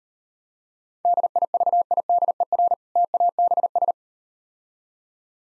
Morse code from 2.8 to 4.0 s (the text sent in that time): TABS